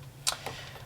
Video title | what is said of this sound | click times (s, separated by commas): TSP Camshaft Torquer V2 Kit! (Full Install) | um just sit them in there just now you'll notice that it's not seated all the way | 0.3 s